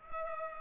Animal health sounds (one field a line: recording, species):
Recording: mosquito wingbeat signal from an infrared sensor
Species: Culex pipiens